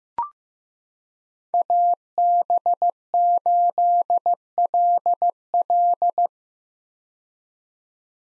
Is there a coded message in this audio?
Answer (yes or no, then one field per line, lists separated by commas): yes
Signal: Morse code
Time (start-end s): 1.5-6.3 s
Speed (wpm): 15 wpm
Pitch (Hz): 700 Hz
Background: none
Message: AB8LL